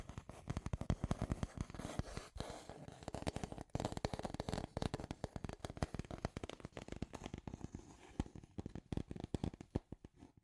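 Scratchy tapping runs throughout, a dense stream of sharp clicks and scrapes with no steady rhythm, packed closely in the first half and thinning into more separate taps after about eight seconds. The hits are dry and crackly, spanning low thuds to bright scratches.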